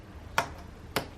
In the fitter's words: in the top corners and they should just snap in just